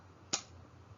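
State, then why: Seated. A person slowly pushes the plunger of an injectable naloxone safety syringe to the end of its travel in its barrel while it is in a practice target. A single sharp click is heard at 0.3 s as the plunger bottoms out. The needle then retracts into the barrel as a safety feature against needle pokes.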